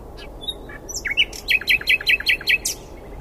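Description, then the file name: Common nightingale singing a string of sharp, repeated chirping notes at a steady quick pace, opened by a few soft introductory sounds. "Luscinia megarhynchos"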